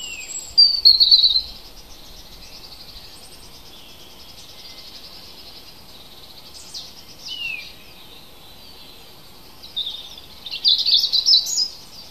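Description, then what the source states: Bird song in short high twittering bursts near the start, middle and end, with quiet steady hiss between phrases. Native hedge birds recorded in April.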